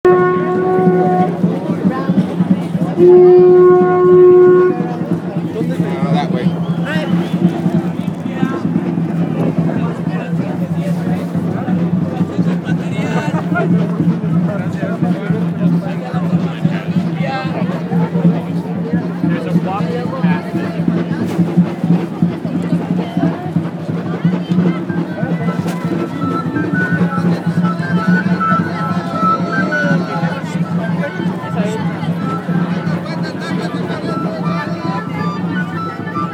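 Outside a cathedral in Mexico City, a steady low drone carries tonal horn-like notes early on, with a murmur of voices and scattered street sounds.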